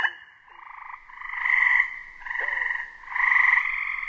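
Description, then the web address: Gray treefrog trilling: rapid pulsed, resonant trills that swell and fade in quick succession. North America. "Songs of Frogs Toads of North America. Gray Treefrog"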